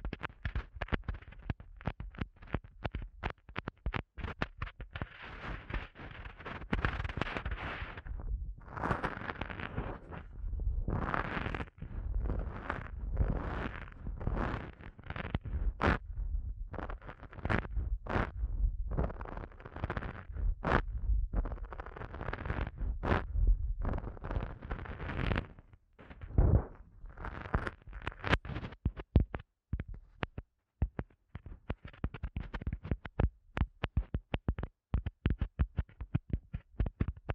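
Eardrum massage sounds: a dense, continuous stream of soft rubbing and crackling right against the microphone, with many sharp clicks and pops throughout. Thick low rumbling swells run beneath, and the texture thins briefly near 26 seconds and again after 30 seconds.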